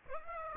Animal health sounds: mosquito wingbeat signal from an infrared sensor; Aedes aegypti

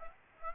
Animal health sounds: mosquito wingbeat signal from an infrared sensor; Aedes aegypti

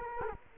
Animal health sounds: mosquito wingbeat signal from an infrared sensor; Culex quinquefasciatus

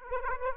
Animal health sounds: mosquito wingbeat signal from an infrared sensor; Aedes aegypti

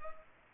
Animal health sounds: mosquito wingbeat signal from an infrared sensor; Culex pipiens

